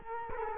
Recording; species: mosquito wingbeat signal from an infrared sensor; Culex quinquefasciatus